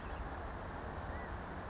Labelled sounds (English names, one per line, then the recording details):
California Quail
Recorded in Sonoma County, California